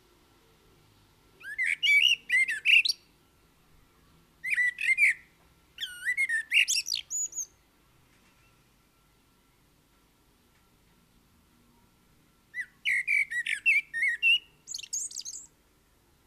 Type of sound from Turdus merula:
song